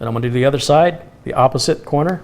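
Someone talks while handling the opposite-corner push pin of a CPU cooler over its hole in the motherboard of an HP 110-210 desktop computer in a 2014 build. No click is heard, and the pin has not yet been pressed home or seated.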